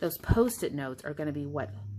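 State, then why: Not seated. Someone talks while handling a plastic paper holder, with paper held on by post-it notes, as it goes toward the base of a Creative Memories border maker punch. Nothing has seated or clicked yet.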